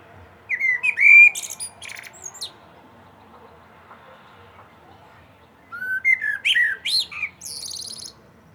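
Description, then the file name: Common blackbird song: two fluted warbling phrases with high, thin twittered endings, separated by a lull of several seconds. "Turdus merula"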